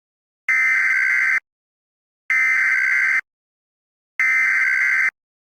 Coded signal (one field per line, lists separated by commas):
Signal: Emergency Alert System (SAME) tones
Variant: header bursts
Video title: EAS scenario: Countryballs Redux - Part 3